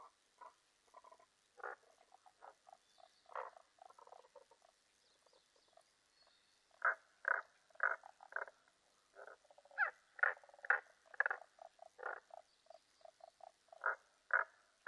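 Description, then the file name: Tago's brown frog calling in short, husky clucking pulses, softer and sparser at first, then louder, denser bursts in the second half. Recorded 15 May 2005. "050515 tagogaeru"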